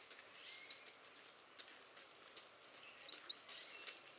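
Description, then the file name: Great tit song: sharp high two-note phrases, each dropping from a higher note to a lower one, given twice a few seconds apart, with faint bird notes around. "Parus major"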